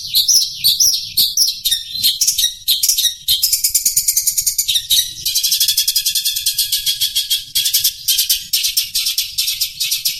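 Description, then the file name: Long-tailed shrike song: a dense, rapid run of high chattering and scratchy notes, shifting into fast buzzy trills with a steady pulsing rhythm throughout. Pet bird named Teroris, owned by Om Renaldi; the recording has 30-second pauses. "pentet-teroris-milik-om-renaldi-jeda-30-detik"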